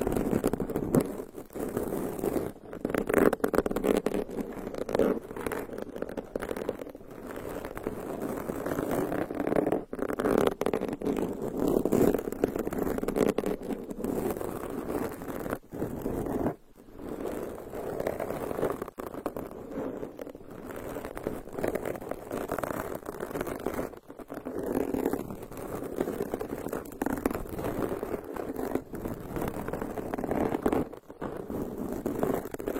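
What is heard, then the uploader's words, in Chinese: Fingernails scratch steadily for the whole stretch, a dense, rasping texture made of rapid strokes that blur together. The sound stays mostly in the low-middle range with a faint hiss above, and the scratching briefly thins out around 16 seconds and again near 24 seconds. 微刺耳，指甲抓挠大脑的声音，酥麻酸爽。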